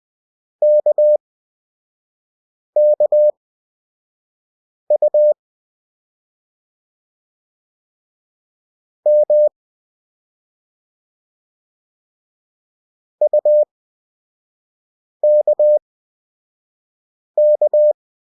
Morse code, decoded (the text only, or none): KKU M UKK